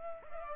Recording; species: mosquito wingbeat signal from an infrared sensor; Culex pipiens